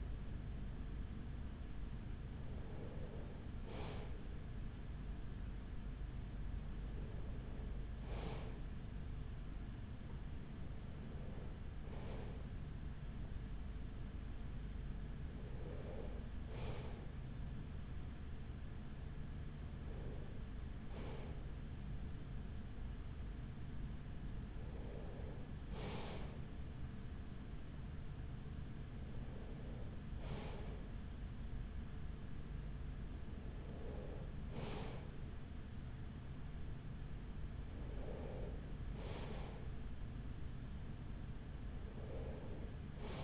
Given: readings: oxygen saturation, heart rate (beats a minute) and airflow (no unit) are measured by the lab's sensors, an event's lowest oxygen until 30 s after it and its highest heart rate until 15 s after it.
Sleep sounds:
breathing in sleep by a smartphone at the bedside; none
none scored
From the record:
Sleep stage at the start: N2 (light sleep); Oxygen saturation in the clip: 94 to 95%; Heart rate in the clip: 42 to 45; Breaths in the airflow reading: 9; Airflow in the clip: -6.4 to 5.5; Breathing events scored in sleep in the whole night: 207 in 7.6 hours asleep

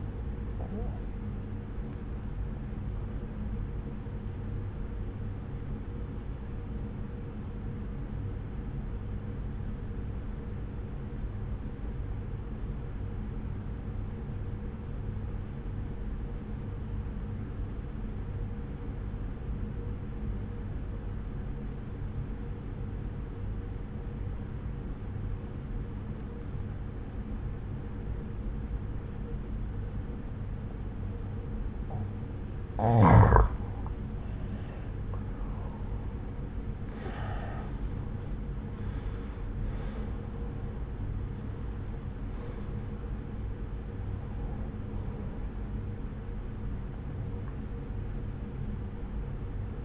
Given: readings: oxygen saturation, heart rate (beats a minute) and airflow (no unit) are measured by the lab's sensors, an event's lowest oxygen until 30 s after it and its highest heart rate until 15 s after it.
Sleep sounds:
breathing in sleep by a smartphone at the bedside; 1
6.00-34.00 s: obstructive apnea (N1, oxygen 94% highest, then 84% lowest, heart rate 59 at the start, 73 highest)
From the record:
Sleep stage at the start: N1 (lightest sleep); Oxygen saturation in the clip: 84 to 94%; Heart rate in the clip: 59 to 73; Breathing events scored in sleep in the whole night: 303 in 8.1 hours asleep

